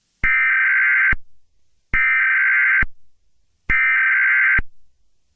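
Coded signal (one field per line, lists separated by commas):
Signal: Emergency Alert System (SAME) tones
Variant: header bursts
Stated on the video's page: Fictional EAS scenario about an Inkling invasion.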